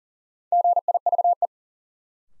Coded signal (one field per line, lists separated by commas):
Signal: Morse code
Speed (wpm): 40 wpm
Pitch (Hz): 700 Hz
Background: none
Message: GIVE